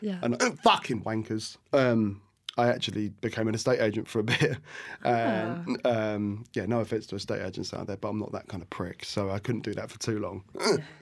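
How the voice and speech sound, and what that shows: An adult man's relaxed conversational speech opens with an abrupt, out-of-context burst of swear words, then carries on fluently with ordinary pauses and fillers. The outburst is an involuntary vocal tic, coprolalia, in Tourette syndrome, whose tics began at age 14 after a minor ski accident, motor tics first and vocal tics some months later.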